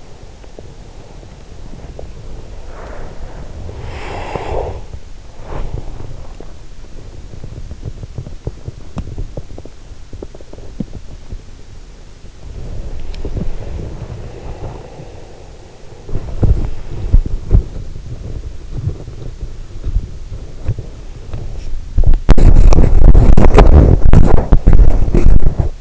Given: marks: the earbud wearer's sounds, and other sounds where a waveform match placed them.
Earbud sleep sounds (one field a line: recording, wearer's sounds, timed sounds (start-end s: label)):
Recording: sounds in sleep by an in-ear microphone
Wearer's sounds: body movement, breath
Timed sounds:
0.00-25.81 s: body movement
3.65-5.66 s: breath